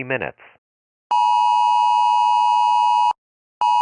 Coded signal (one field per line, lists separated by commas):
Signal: Emergency Alert System (SAME) tones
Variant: 853 and 960 Hz attention tone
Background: speech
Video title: GAINESVILLE - A tornado EAS Scenario